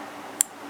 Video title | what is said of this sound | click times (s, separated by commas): Buck 375 Deuce An American Classic | you can really feel that you hear that snap | 0.4 s